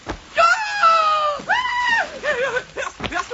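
A high, squealing cry of joy from Pumuckl, out on a lake in a sailing boat, rings out in two long, rising-and-falling bursts, followed by shorter warbling whoops, loud and bright with strong harmonics.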